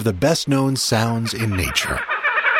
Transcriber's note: Laughing Kookaburra calls